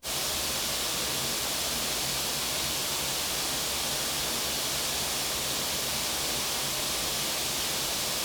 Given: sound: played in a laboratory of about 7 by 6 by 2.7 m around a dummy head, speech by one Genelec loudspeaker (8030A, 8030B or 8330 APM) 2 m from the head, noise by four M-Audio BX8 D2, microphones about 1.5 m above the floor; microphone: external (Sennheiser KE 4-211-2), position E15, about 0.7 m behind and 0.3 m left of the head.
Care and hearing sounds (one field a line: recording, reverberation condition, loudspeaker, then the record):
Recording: white noise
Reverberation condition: medium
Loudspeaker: four, about 170 cm from the corners of the room and facing them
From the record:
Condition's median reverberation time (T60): about 510 ms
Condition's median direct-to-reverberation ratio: about -0.5 dB